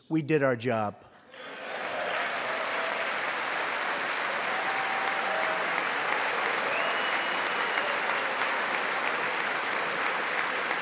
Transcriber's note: applause